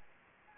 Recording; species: mosquito wingbeat signal from an infrared sensor; Anopheles gambiae